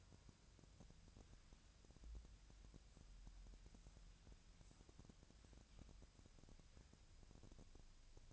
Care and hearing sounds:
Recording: daily activity, microphone in the room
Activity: wipe stove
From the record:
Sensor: 2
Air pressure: 1000.4 hPa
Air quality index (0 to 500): 171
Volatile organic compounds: 3 ppm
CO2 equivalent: 1423 ppm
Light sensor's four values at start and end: 10/24/10/11 and 10/24/10/11

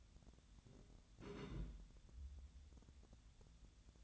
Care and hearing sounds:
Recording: daily activity, microphone in the room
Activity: place on stove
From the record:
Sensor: 3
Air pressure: 1010.0 hPa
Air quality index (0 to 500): 187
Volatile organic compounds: 14 ppm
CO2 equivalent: 2435 ppm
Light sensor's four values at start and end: 42/104/45/48 and 42/104/45/48

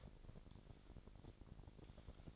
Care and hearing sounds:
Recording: daily activity, microphone in the room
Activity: take from stove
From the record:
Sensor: 5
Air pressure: 1012.1 hPa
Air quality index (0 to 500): 239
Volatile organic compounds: 4 ppm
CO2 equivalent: 1584 ppm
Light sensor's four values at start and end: 44/99/42/45 and 45/102/43/45

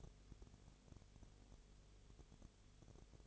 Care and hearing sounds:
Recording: daily activity, microphone in the room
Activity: no activity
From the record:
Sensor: 4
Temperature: 22.0 degrees Celsius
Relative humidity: 29.7%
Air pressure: 1002.1 hPa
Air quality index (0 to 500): 59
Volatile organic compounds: 1 ppm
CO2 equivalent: 608 ppm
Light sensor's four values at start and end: 2/3/1/1 and 2/3/1/1

